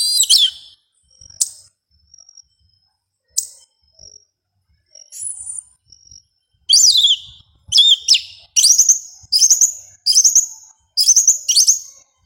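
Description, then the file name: Yellow-legged thrush singing scattered high sharp notes, then a steady, rapid series of loud slurred phrases. "Canto do sabia una"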